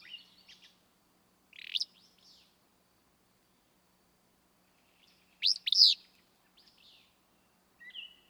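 Willow Flycatcher song: two loud, buzzy, sneezy phrases several seconds apart, with soft high chips and twitters from other small birds between them.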